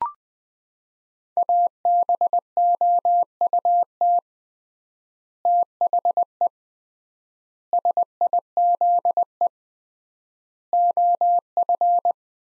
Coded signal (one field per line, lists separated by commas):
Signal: Morse code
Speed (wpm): 20 wpm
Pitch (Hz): 700 Hz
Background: none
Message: ABOUT THE SIZE OF